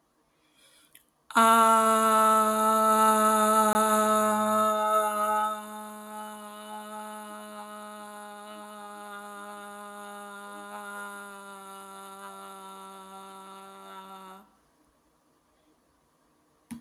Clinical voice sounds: vowel held as long as possible; female; 30 to 39 years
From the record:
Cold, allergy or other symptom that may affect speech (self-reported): no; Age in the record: 35 years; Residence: Texas, United States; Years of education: 18

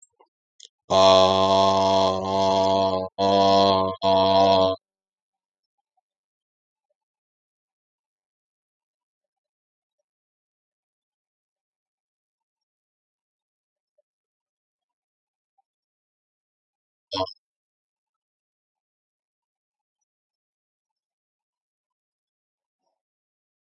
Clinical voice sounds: vowel held as long as possible; male; 50 to 59 years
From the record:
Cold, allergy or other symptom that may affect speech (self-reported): no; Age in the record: 55 years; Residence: Georgia, United States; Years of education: 16

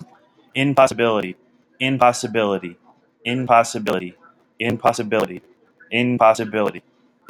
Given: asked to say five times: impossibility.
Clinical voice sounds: repeated word; male; 30 to 39 years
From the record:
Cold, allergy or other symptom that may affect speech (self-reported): no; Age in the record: 32 years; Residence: Rhode Island, United States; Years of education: 16

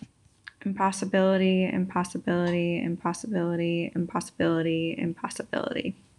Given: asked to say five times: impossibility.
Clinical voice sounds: repeated word; female; 30 to 39 years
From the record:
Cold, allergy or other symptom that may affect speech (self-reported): no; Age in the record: 31 years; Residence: Kentucky, United States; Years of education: 16

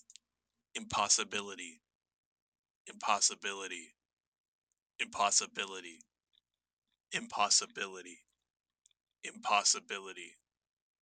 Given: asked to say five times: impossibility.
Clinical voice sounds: repeated word; male; 20 to 29 years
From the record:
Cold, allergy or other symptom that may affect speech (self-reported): no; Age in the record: 23 years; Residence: Indiana, United States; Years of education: 13

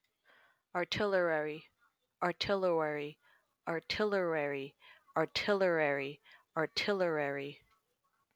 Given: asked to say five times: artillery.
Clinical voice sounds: repeated word; female; 20 to 29 years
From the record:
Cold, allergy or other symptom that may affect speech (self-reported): no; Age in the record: 24 years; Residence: New York, United States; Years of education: 12

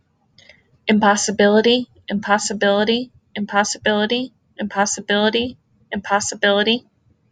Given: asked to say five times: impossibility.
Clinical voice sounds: repeated word; female; 20 to 29 years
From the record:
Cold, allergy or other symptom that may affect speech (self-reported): no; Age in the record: 27 years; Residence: Michigan, United States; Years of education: 16

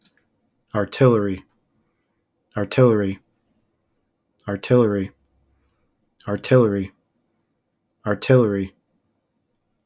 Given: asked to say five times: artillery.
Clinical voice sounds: repeated word; male; 20 to 29 years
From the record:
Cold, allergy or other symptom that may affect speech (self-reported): no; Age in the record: 26 years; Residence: Michigan, United States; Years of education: 12

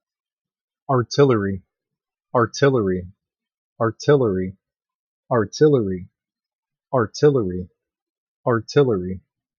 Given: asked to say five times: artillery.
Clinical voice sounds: repeated word; male; 30 to 39 years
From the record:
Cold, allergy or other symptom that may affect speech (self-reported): no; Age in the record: 34 years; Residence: Georgia, United States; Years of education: 14

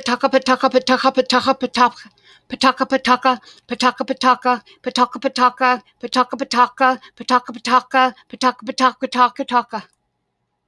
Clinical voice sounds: repeated syllables /pa ta ka/; female; 40 to 49 years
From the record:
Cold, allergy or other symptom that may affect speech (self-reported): no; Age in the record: 48 years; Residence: Oregon, United States

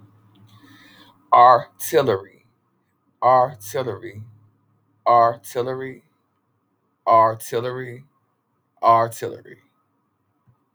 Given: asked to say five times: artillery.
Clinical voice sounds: repeated word; male; 30 to 39 years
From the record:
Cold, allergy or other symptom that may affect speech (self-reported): no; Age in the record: 36 years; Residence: California, United States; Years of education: 14

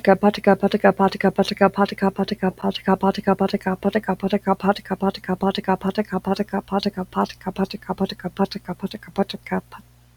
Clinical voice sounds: repeated syllables /pa ta ka/; female; 30 to 39 years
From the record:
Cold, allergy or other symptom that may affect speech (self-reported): no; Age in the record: 33 years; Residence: Nevada, United States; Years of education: 16

